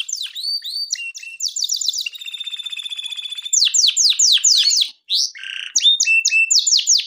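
Canary song mixing quick descending sweeps, a long buzzing rolled trill, a harsh rasping note and further rapid sweeping phrases.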